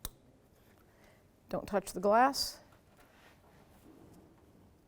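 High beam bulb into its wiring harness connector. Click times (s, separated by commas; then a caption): 0.0 s. A high beam headlight bulb for a 2007-2013 Acura MDX, lined up by its tabs, is pushed into its plastic wiring harness connector and gives a single sharp click at 0.1 s. Someone then talks from about 1.5 to 2.5 s before the clip settles into quiet background. The bulb is seated in the connector.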